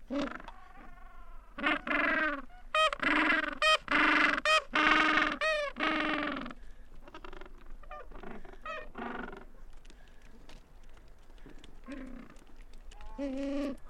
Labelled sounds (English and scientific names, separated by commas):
Gentoo Penguin (Pygoscelis papua) call